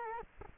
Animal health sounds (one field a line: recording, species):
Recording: mosquito wingbeat signal from an infrared sensor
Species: Culex quinquefasciatus